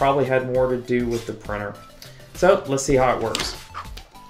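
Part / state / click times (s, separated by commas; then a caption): game controller into 3D-printed holder rail / not seated / none. Someone talks while a right Joy-Con controller is being brought to the rail of a 3D-printed PLA holder, ready to slide on. The clip ends before the controller goes home, so nothing has seated or clicked yet.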